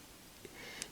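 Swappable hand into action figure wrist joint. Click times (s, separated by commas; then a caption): 0.8 s. A swappable plastic hand is slid onto the wrist peg of an S.H.Figuarts Kamen Rider Fourze Cosmic State action figure and secured. After a faint soft knock near 0.5 s, a single short, bright click sounds at 0.8 s as the hand seats in place.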